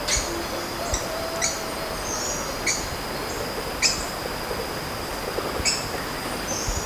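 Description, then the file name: Bird calls: brief bright chirps repeated irregularly, about one a second, over a constant high-pitched whine and light background noise. "SABIOD 50 bird 2015"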